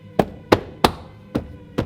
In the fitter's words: and it snaps into place.